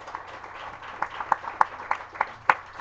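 An audience claps their hands, a soft wash of scattered applause with several louder, sharp claps landing in a steady rhythm roughly three per second, and no talking.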